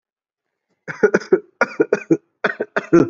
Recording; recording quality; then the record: heavy voluntary cough; excellent, no background noise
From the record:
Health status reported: exposed to COVID-19, no respiratory illness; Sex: male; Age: 26 years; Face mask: not worn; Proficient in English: yes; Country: India